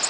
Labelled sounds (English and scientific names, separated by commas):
American Redstart (Setophaga ruticilla) flight call